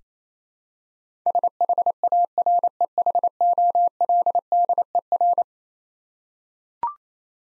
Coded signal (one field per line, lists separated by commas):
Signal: Morse code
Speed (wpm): 28 wpm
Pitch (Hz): 700 Hz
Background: none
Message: SHAREHOLDER